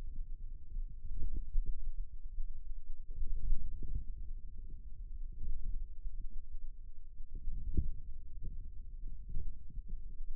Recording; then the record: forearm muscle sounds (acoustic myography)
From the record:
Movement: wrist extension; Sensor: system 2, bracelet of six BSWA MPA416 microphones around the upper forearm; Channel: 4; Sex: male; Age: 22 years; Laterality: right